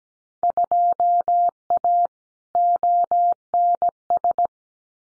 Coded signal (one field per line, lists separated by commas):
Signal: Morse code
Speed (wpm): 17 wpm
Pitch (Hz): 700 Hz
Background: none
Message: 2A ONS